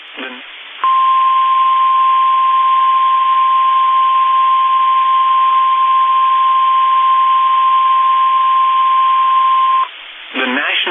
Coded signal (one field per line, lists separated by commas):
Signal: Emergency Alert System (SAME) tones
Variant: 1050 Hz attention tone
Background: speech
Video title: EAS Alerts from 6/2/25